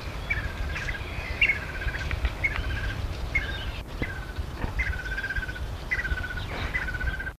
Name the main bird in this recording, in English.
Bronze-winged Duck